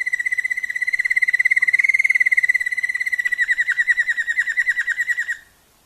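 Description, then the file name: Waterslager canary song, one long rapid bubbling roll that holds steady, then slows into separate pulses before stopping abruptly. Song variations of a Waterslager canary. "kenari waterslager variasi omkicau"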